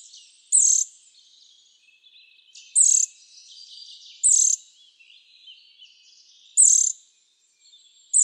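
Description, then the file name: Eurasian nuthatch: five brief, shrill high notes spaced a couple of seconds apart. "Sitta europaea"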